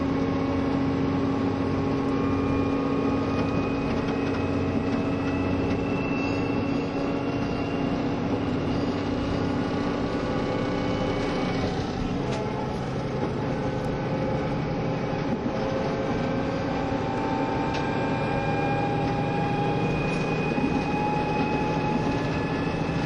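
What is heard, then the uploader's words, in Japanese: Inside a diesel express railcar running at speed, the engine drones steadily with a low hum and several tones that slowly rise and fall as it works. Rumbling wheel and track noise fills the background at an even, unbroken loudness throughout. キハ72系 ゆふいんの森06号02 うきは～博多。キハ71系ゆふいんの森Ⅰ世の好評を受けて新製された車両となる、キハ72系ゆふいんの森06号を収録したものです。走行音。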